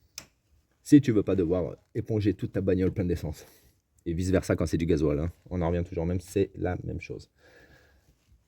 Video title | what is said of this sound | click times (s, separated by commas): "Vidéos n3 Suite du Remontage de la pompe à essence Opel 1.2 16v ess tutoriel détaillée. | donc faut bien entendre le clipse et vérifier que ça soit bien bien clipsé c'est super important | 0.2 s